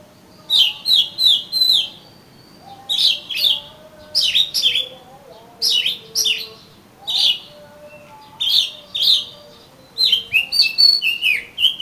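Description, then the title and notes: Oriental magpie-robin song: clusters of a few sharp whistled notes separated by brief gaps, ending in a faster varied run. "suara kacer. kumpulan suara burung kacer"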